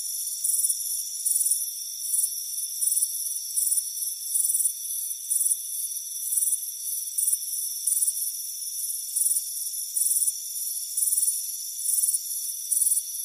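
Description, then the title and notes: Cricket chirps repeating rapidly in short shrill pulsed bursts over a constant thin high whine. Crickets chirping on a warm afternoon at a front porch. "Soothing Crickets Chirping Sound. It's a warm afternoon as you relax in a hammock on the front porch. Relax and fall asleep to the soothing sound of chirping crickets. Deep Sleep Sounds"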